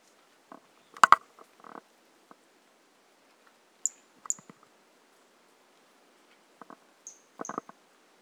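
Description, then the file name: Brachycephalus mirissimus giving short high-pitched notes in two pairs, mixed with louder scattered clicks, taps and rustling sounds. Individual 03 recorded on 18 January 2018, not collected; the first two notes of the call are missing. "Brachycephalus mirissimus 18 jan 2018 individual 03 two initial notes missing"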